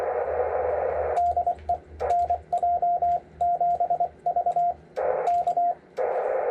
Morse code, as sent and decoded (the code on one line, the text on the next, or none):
-.. . / -. .--- --... ...- / -.-
DE NJ7V K